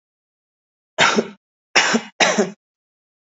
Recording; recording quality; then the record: shallow voluntary cough; excellent, no background noise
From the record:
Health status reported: recovered from COVID-19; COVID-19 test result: positive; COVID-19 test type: RT-PCR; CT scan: not taken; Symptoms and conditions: none ticked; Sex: male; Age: 41 years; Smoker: no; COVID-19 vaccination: both doses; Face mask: worn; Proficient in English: yes